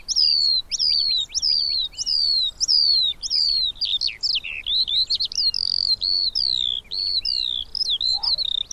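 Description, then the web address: Eurasian skylark song, a rapid run of high, sharp descending chirps, repeated quickly with slight variations throughout. "Deverinetal"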